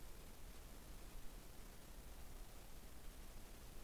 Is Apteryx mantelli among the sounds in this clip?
no